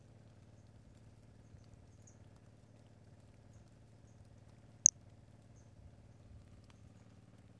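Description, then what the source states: Brachycephalus albolineatus toadlet call: a single short, very high-pitched chirp near the middle, with a faint similar note earlier, over a steady low hum. Individual 06, unvouchered; example 01.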